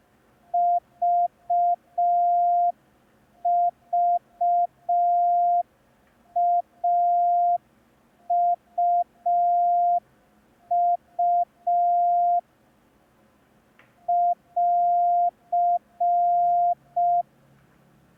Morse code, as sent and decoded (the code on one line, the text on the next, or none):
...- ...- .- ..- ..- / .-.-.
VVAUU <AR>